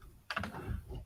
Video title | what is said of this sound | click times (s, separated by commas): LEGO UCS Luke’s landspeeder 75341 live build 2 | this isn't snapped down all the way properly | 0.3 s